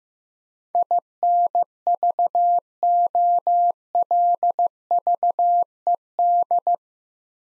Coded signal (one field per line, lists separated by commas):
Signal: Morse code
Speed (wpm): 16 wpm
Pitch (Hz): 700 Hz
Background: none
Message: INVOLVED